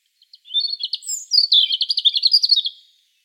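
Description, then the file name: European robin song, one continuous phrase of quick, thin, sparkling high notes and trills lasting about two and a half seconds. "Erithacus rubecula"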